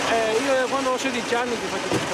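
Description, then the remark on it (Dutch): The motor of a small wooden fishing boat in the Po river delta, Italy, drones steadily and loudly during clam fishing, a constant rough hum, while a man's voice shouts over it in raised, drawn-out phrases. “Ik schreeuw hier tegen het geluid van de motor tegen Paolo, visser van 28.”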